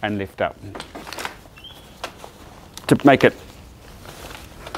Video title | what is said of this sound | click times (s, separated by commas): Maxi Cosi Dana Double Pram: EOFY Deal | set up again you've got the two clicks up the top | 4.3 s, 4.8 s